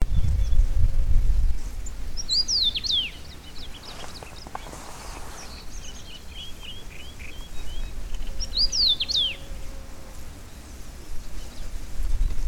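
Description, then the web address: Common rosefinch song: two short whistled phrases of sliding notes, about six seconds apart, over steady low wind rumble with a few faint chirps from other birds. Recorded in Brandenburg in 2012. "Brandenburg 2012 Roodmus"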